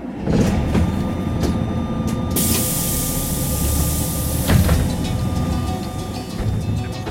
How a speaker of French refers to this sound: À 7 heures précises, le bus embarque lui et une trentaine d'hommes et prend la route de San José à une quarantaine de kilomètres. À bord, ce matin-là, l'ambiance est détendue